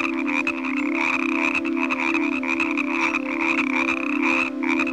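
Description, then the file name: Frogs calling in a dense chorus of rapid rattling croaks that overlap continuously, with a steady sustained musical tone underneath. Evening frog sounds. "Relaxing Nature Sounds Collection - Evening with Frog Music"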